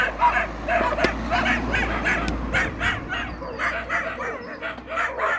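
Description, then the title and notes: Dogs barking in a busier mix, with a low engine-like rumble and hum underneath and a few sharp knocks. Dogs at 13 Chemin des Filaos, Cilaos, Réunion, recorded 17 December 2018 around 18:05. "13 Chemin Des Filaos, Réunion - chiens. À Cilaos on s'entoure de chiens"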